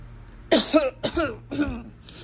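A person coughs three times in quick succession, each cough a harsh, raspy burst, followed by a softer, breathy trailing cough at the end.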